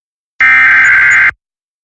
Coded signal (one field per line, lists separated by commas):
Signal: Emergency Alert System (SAME) tones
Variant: header bursts